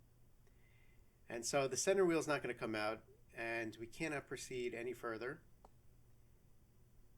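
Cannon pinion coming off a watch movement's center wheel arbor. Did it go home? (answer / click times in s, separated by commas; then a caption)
released / 5.7 s. Someone talks while servicing a Waltham Cal. AS 1187/94 watch movement, then the friction-fit cannon pinion is pulled off the center wheel arbor. It comes free with a small, sharp click at 5.6 s, and the pinion is released.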